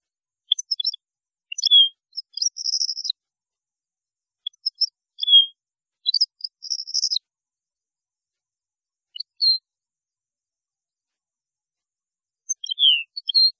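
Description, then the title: European goldfinch song, scattered liquid chirps and short buzzy trills delivered in loose phrases with brief pauses. "Chant Chardonneret"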